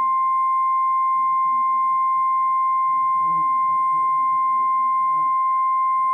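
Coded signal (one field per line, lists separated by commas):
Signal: Emergency Alert System (SAME) tones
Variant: 1050 Hz attention tone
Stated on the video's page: Flash flood warning on NOAA Weather Radio, Tucson, Arizona.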